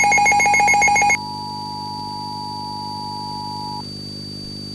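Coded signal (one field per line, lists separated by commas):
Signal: Emergency Alert System (SAME) tones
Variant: 853 and 960 Hz attention tone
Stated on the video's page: Fictional EAS scenario whose tones are stated to be valid.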